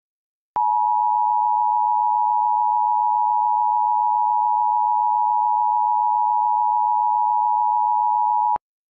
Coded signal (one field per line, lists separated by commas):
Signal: Emergency Alert System (SAME) tones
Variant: 853 and 960 Hz attention tone